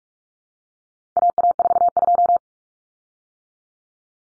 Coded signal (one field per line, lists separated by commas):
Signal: Morse code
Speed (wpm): 44 wpm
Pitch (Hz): 700 Hz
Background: none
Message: AA42